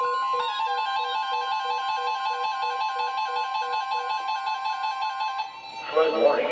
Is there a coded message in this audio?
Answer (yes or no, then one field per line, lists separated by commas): no